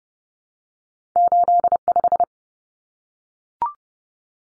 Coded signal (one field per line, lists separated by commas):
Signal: Morse code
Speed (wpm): 30 wpm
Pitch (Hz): 700 Hz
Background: none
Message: 85